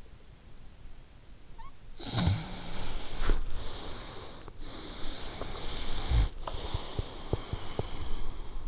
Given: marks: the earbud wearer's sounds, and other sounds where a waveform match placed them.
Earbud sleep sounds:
sounds in sleep by an in-ear microphone; snoring breath, teeth grinding
1.66-4.54 s: snoring breath
4.62-8.68 s: snoring breath
5.26-8.18 s: teeth grinding

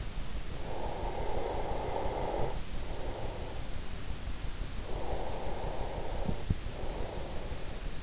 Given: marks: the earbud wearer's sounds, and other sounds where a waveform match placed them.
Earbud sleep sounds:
sounds in sleep by an in-ear microphone; breath
0.21-3.81 s: breath
4.32-8.03 s: breath

